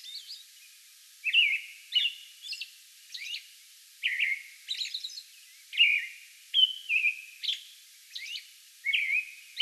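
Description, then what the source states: American robin caroling: a paused start, then a lively run of whistled phrases alternating with high, lisping squeaks. May 11; song bout.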